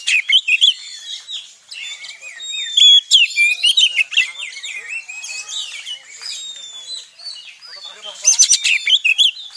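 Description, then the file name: Oriental Magpie-Robin delivering a busy, varied song of high whistles, rattling chatter and quick twittered notes, with a loud burst near the end. Song in the tretes style, played to restore the mental condition of other songbirds. "Suara Kacer Tretes Pulihkan Mental Burung Kicauan Lainnya"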